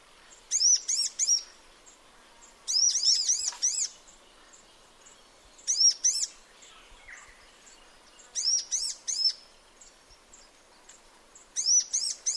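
High-pitched sunbird chirping: clusters of two to four sharp notes repeating roughly every two to three seconds throughout.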